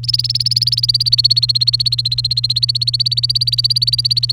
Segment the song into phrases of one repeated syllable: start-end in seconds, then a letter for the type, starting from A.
0.03-4.32 A